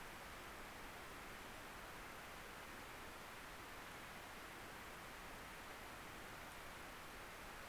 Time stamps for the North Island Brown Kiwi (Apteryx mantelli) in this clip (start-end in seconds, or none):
none